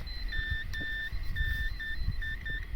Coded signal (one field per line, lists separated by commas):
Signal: Morse code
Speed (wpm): 10 wpm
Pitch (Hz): 1800 Hz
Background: none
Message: MNI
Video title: Présentation du UK/RT 320 PRC 320, mise en oeuvre et QSO.